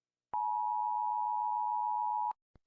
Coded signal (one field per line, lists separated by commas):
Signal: Emergency Alert System (SAME) tones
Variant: 853 and 960 Hz attention tone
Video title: Rating EAS Alarm Part 1 (Because why not? Warning: these contains flash)